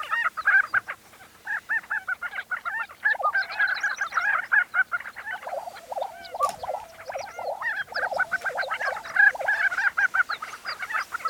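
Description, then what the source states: Lesser prairie chickens cackling and bubbling together, a continuous overlapping chorus of quick, repeated notes with loud peaks and few pauses. Recorded on 20 April 2013.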